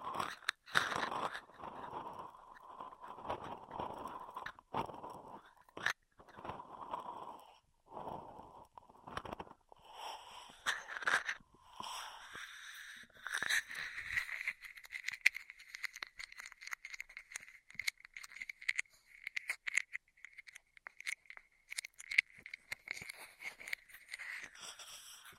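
Ear-trigger sounds without talking: soft, dense crinkling and brushing with frequent sharp taps and clicks throughout. The first half holds a lower rubbing tone; after about 13 seconds the sound shifts to a brighter, steadier scratching hiss, still broken by quick repeated taps.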